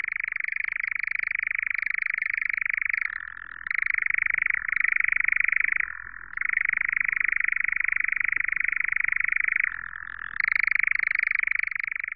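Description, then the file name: European nightjar song, a sustained rattling churr with several brief drops in pitch, running without pause for the whole stretch. "Lelek-lesní"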